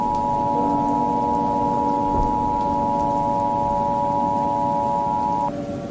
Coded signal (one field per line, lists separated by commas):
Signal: Emergency Alert System (SAME) tones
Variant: 853 and 960 Hz attention tone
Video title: EAS Scenario #13: "The Event"